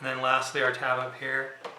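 A dome light housing is handled at the vehicle headliner opening, about to be pressed up into place by its last tab, while someone talks. A faint knock is heard near 1.6 s. Nothing has seated or clicked yet.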